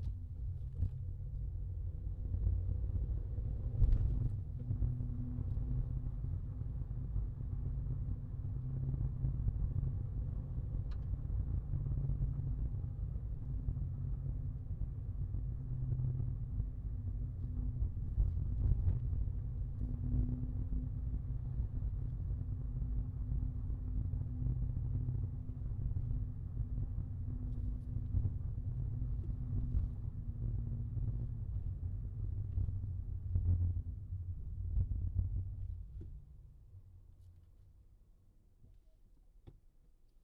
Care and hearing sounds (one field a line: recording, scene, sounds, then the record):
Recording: everyday scene through a hearing-aid microphone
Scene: in a vehicle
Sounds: engine, rumble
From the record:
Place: Skoda Fabia, gasoline engine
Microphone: in the ear canal, left